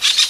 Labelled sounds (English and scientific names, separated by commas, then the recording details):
Brown-throated Parakeet (Eupsittula pertinax) contact call
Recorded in Venezuela
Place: Guárico; Corozopando; Fundo La Fe
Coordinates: 8.506, -67.593